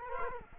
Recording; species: mosquito wingbeat signal from an infrared sensor; Culex quinquefasciatus